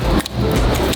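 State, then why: Not seated. Someone tries to fit the plastic electrical plug of an ABS wheel speed sensor into its connector/holder on a McLaren 720 GTR, with one short, sharp knock at about 0.3 s over steady handling noise. The plug's tab does not lock, and nothing has seated or clicked yet.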